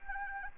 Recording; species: mosquito wingbeat signal from an infrared sensor; Anopheles arabiensis